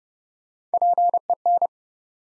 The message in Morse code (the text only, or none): PEN